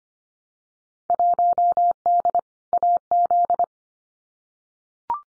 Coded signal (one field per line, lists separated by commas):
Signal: Morse code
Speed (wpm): 25 wpm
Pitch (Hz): 700 Hz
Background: none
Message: 1D AZ